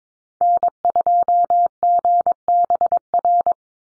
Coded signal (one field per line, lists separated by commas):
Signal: Morse code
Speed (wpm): 22 wpm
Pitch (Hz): 700 Hz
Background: none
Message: N2GBR